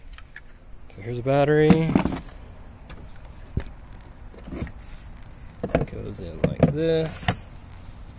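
A 40 V, 5.0 Ah lithium-ion battery pack is handled at the battery bay of a HART 40-Volt cordless brushless 20-inch push mower while someone talks. Several short, sharp handling knocks and taps are heard. Nothing has seated or clicked into the slot yet.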